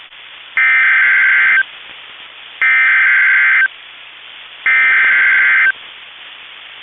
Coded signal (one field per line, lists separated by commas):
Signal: Emergency Alert System (SAME) tones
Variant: header bursts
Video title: SE Minnesota Severe Weather Outbreak (3/10/21) EAS 1516-1522